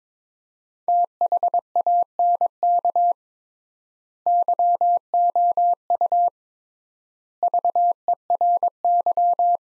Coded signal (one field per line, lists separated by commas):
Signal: Morse code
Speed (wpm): 22 wpm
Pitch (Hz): 700 Hz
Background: none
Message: THANK YOU VERY